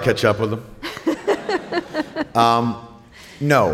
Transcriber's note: soundbite of laughter